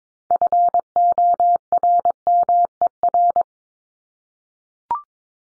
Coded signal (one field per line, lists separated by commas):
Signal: Morse code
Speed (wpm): 22 wpm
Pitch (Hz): 700 Hz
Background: none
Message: FORMER